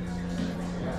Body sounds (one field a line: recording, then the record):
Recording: background sound without coughing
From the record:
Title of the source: 60 minutes of coffee shop sounds for study and concentration